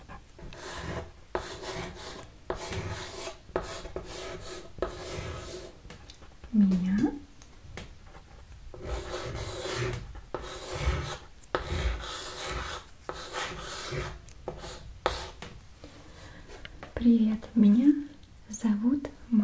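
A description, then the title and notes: Chalk scraping and rubbing across a surface in repeated strokes, each a gritty, rasping burst lasting about a second with short gaps between. The strokes run steadily throughout, and a brief squeak or voice-like sound rises near 7 seconds and again around 17 to 19 seconds. Chalk.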